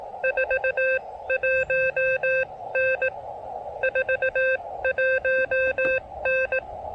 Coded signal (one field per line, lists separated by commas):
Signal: Morse code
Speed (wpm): 18 wpm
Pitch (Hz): 520 Hz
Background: none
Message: 41N 41N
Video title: POTA QRP: Fighting rough propagation and QRM to log this ATNO and DX at Parc des Moulins!